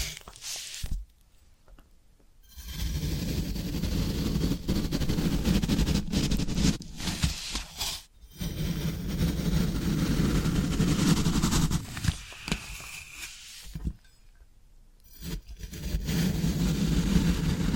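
Floral foam is crushed and pressed in long, dense crackling bursts with a low rumble, broken by short silent pauses near 1, 8 and 14 seconds.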